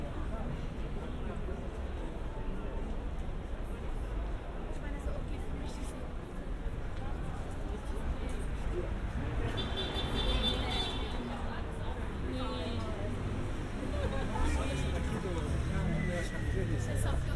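A Saturday night in London's busy West End: a constant murmur of overlapping voices and street chatter fills the whole stretch, with a low traffic rumble underneath. Around the tenth second a brighter tone briefly cuts through, and voices grow livelier toward the end.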